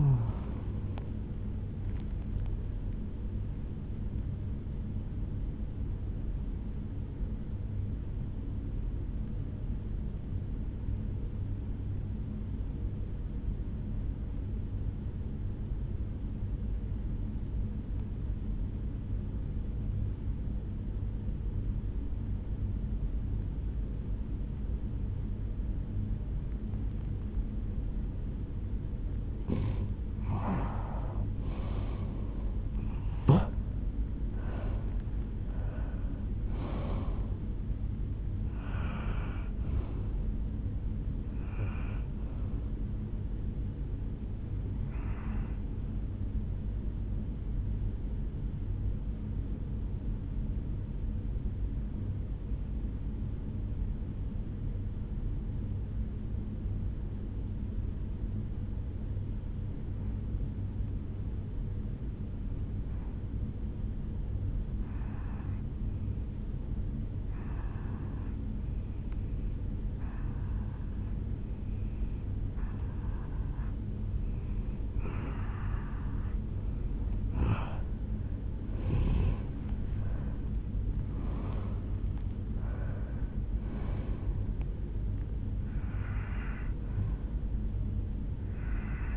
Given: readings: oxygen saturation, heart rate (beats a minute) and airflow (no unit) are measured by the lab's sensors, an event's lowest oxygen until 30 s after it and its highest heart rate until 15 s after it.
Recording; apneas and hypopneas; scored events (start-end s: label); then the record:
breathing in sleep by a smartphone at the bedside; 2
9.00-30.30 s: obstructive apnea (N1, oxygen 96% highest, then 88% lowest, heart rate 66 at the start, 75 highest)
16.00-76.00 s: new sleep stage, N2 (light sleep)
57.00-75.00 s: obstructive apnea (N2, oxygen 97% highest, then 88% lowest, heart rate 57 at the start, 74 highest)
76.00-89.17 s: new sleep stage, N1 (lightest sleep)
From the record:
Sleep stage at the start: N1 (lightest sleep); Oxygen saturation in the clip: 87 to 97%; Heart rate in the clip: 57 to 80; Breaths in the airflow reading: 9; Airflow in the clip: -10.3 to 8.7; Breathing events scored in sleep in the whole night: 449 in 7.0 hours asleep